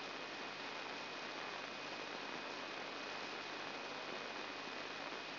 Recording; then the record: brain microelectrode recording played as sound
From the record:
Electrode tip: inside the subthalamic nucleus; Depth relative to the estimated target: 0 mm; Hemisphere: right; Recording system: AlphaMap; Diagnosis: Parkinson's disease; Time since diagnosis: 11 years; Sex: female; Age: 62 years